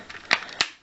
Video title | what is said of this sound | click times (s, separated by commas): TRANSFORMERS DOTM MechTech Bumblebee Leader Class Toy Review (Votesaxon07: The Archive Reupload) | So, that clicks into place. | 0.3 s, 0.6 s